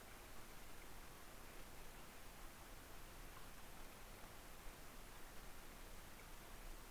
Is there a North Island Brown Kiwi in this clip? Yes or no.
no